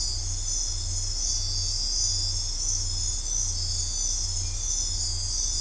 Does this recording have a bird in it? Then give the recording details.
no. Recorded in dense forest near Puerto Asís, Putumayo, Colombia, on 15 December 2024 at 03:30. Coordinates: 0.503, -76.323. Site G043